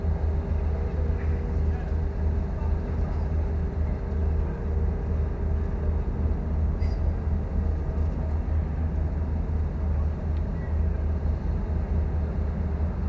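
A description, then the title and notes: A steady, heavy low rumble fills the air along a sea wall beside an industrial riverside, like traffic or machinery running without pause. A faint hum sits above it, and a few brief, small sounds flicker through around seven and ten seconds. Sea Wall, Grays, Essex. Explore the riverside environs of West Thurrock. Along the sea wall amongst all of the industrial and liminal riverside landscapes.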